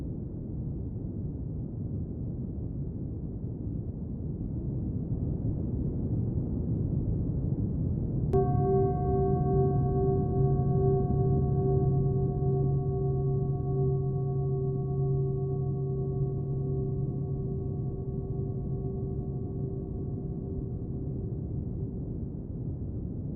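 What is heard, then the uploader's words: A steady, low, rumbling wash of noise centered around 125 Hz runs throughout, dull and without highs. At about eight seconds a single bell is struck; its clear, ringing tones hang over the noise and fade slowly through to the end. 125hz white noise with some background bells.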